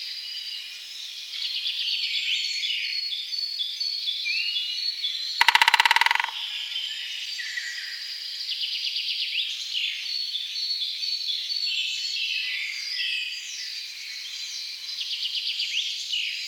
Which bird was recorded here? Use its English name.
Great Spotted Woodpecker